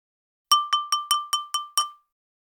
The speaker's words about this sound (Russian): Драко взял в одну руку ложку, а в другую стакан воды, и начал постукивать ложкой по стакану